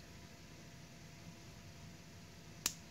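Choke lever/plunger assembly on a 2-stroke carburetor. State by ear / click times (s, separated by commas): seated / 2.7 s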